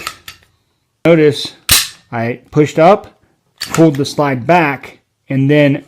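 A pistol's steel slide is pulled back with the slide stop lever pushed up, and the slide stop catches at 0.3 s and holds the slide locked open to the rear. Short metallic clacks are heard, and afterward someone talks.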